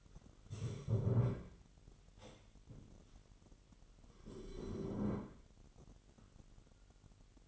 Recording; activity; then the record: daily activity, microphone in the room; stand up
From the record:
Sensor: 4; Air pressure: 999.3 hPa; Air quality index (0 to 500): 110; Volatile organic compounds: 2 ppm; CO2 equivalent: 1090 ppm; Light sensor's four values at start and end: 11/25/10/11 and 11/25/10/11